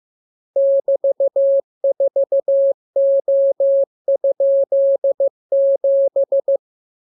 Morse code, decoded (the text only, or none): <BT>4O?7